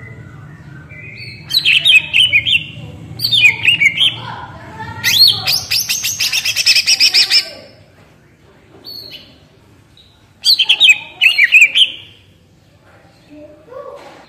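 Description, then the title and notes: Greater green leafbird song: varied whistled and chattering phrases, a harsher buzzy stretch in the middle, then sweet warbled notes after a pause. Actively singing (gacor, ngentrok) greater green leafbird with crest raised (jambul nembak), described as melodious; suited as masteran, a tutor for training captive greater green leafbirds. "Cucak Ijo Gacor Ngentrok Jambul Nembak. suara burung cucak ijo gacor, merdu cocok buat masteran burung cucak ijo"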